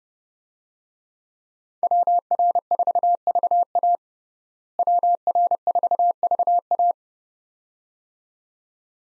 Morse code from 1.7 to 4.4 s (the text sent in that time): WR4VA